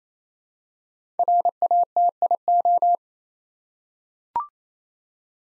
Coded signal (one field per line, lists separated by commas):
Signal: Morse code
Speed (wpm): 27 wpm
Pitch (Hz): 700 Hz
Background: none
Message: RATIO